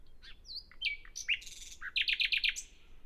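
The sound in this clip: Common nightingale song, a varied rich phrase of whistles, clicks and buzzy notes ending in a fast run of about six loud repeated chopped notes.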